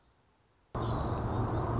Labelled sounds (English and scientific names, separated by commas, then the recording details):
Orange-crowned Warbler (Leiothlypis celata)
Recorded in Sonoma County, California